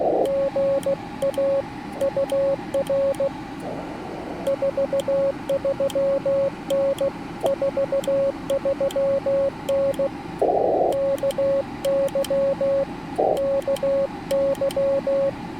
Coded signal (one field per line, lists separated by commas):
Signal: Morse code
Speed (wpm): 16 wpm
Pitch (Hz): 550 Hz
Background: radio noise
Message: GA UR 43N 43N KY KY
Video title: Morse Code from Mammoth Cave National Park